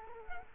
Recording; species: mosquito wingbeat signal from an infrared sensor; Culex quinquefasciatus